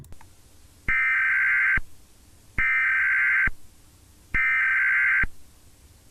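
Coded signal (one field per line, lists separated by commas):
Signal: Emergency Alert System (SAME) tones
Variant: header bursts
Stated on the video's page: Analog-horror emergency broadcast made in Sony Vegas with text-to-speech, a fictional creation.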